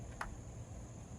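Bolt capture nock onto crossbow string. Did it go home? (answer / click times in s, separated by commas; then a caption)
yes / 0.2 s. A crossbow bolt's capture nock is brought down in line with the string on a Ravin crossbow and clicks onto it. A single short, sharp click at 0.2 s stands out over a steady low rumble and a constant faint high tone. The nock is seated on the string and the bolt is set.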